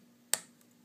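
A finger presses the battery flex connector onto its socket on an iPhone 4 logic board, giving one sharp, bright click at 0.3 s over a low steady hum. A much fainter tick follows around 0.6 s, and the connector is seated.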